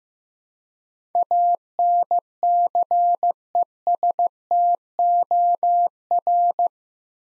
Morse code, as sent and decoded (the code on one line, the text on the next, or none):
.- -. -.-. . ... - --- .-.
ANCESTOR